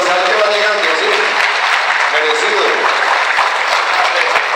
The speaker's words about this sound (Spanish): Aplausos.